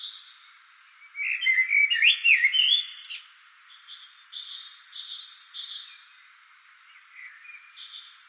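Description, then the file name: Common blackbird delivering a mellow fluted warble that rises into a thin high twitter, followed by quieter chirps from a second bird repeating high notes. "Turdus merula"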